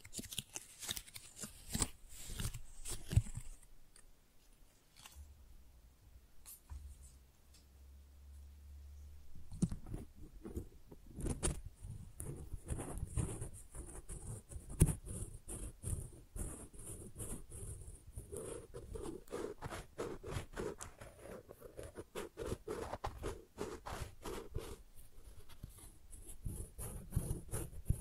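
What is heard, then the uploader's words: Crisp rustling and crinkling of flowers being handled, with dense clusters of small snaps and scratches. A brief low hum sits under a quieter stretch around five to ten seconds, then the handling grows busier and brighter, with a steady hiss of crackles to the end. ASMR Most Beautiful Tingly Flower Sounds (No Talking).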